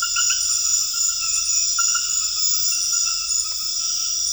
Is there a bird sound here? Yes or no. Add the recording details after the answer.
no. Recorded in dense forest near Puerto Asís, Putumayo, Colombia, on 4 March 2025 at 20:30. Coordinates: 0.484, -76.325. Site G045